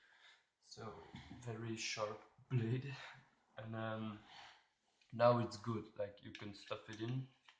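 A Cold Steel SRK (San Mai III version) fixed-blade knife is handled at its sheath, whose retention bumps have been shaved down, while someone talks. The knife has not yet snapped into the sheath retention, so nothing has seated or clicked yet.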